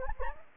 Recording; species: mosquito wingbeat signal from an infrared sensor; Anopheles gambiae